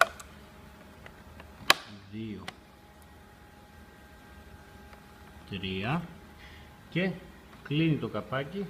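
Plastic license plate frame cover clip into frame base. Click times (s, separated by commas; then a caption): 1.7 s. A plastic license plate frame cover is pressed into the frame base at its second clip point and snaps shut with a loud, sharp click at 1.7 s, seating the clip. A few faint taps come before it, and someone talks afterward.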